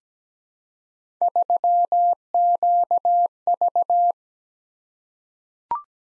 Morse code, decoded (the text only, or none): 3QV